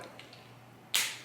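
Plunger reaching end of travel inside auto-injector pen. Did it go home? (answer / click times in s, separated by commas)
yes / 0.9 s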